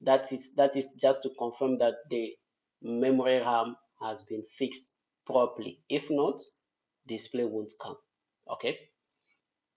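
A memory module is being handled for fitting into a motherboard DIMM slot, pressed in one side first and then the second side, where the retention arm should click to lock and confirm it is properly fixed, since the display won't come on otherwise. Someone talks throughout the clip. Nothing has seated or clicked yet.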